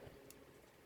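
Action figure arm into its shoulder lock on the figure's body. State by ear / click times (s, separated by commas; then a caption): seated / 0.3 s. The arm of a plastic SS113 Bumblebee Movie Skywarp action figure is rotated at the shoulder and pressed into its locking spot on the plastic body during transformation. A short, soft click sounds at 0.3 s over a low steady hum. The arm locks into place.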